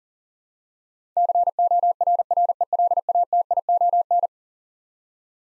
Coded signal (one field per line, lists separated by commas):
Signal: Morse code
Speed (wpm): 37 wpm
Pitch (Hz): 700 Hz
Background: none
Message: CORRELATION